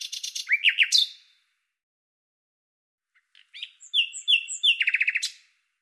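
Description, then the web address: Common nightingale song: a dense rattling phrase, a pause, then whistled notes leading into a fast, even trill of repeated notes. "Deverinetal 2025"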